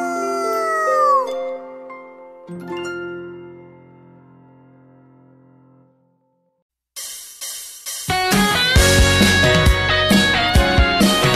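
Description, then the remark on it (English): A wolf howls at night in long wavering glides that rise and fall in pitch, then fades into a sustained low drone; after a brief silence, lively music begins. “A wolf in the night says ooh, ooh, ooh, roar, ooh.”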